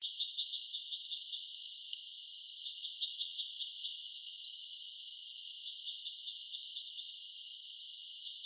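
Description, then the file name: Common chiffchaff calls: a short whistled hweet repeated about every three and a half seconds, with faint ticking in between. Calls, dated 11 November 2002. "Phycol Qatbit"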